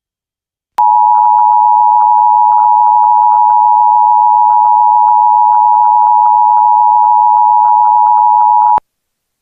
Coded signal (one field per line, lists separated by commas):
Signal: Emergency Alert System (SAME) tones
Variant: 853 and 960 Hz attention tone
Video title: EAS - Fire Warning during Kappa Mikey (March 18th, 2026, Jones XD Louisiana)